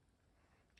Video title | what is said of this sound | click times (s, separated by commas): Lego Tractor build part 2 (S5E95) | Let's see if I can click it. Yep. | 0.8 s